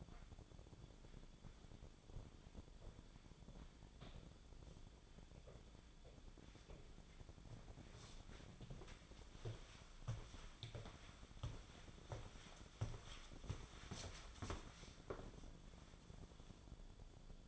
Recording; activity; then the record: daily activity, microphone in the room; walk to room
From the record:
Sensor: 5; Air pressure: 1010.2 hPa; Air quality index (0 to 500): 141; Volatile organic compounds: 3 ppm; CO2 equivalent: 1375 ppm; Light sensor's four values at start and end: 277/692/289/318 and 648/1281/644/851